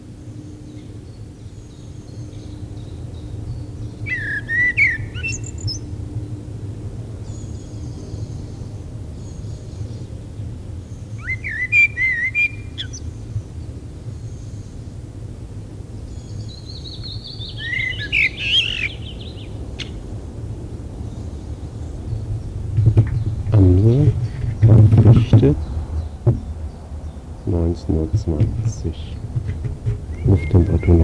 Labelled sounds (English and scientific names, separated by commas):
Common Blackbird (Turdus merula) song